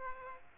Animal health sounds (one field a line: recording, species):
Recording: mosquito wingbeat signal from an infrared sensor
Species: Aedes aegypti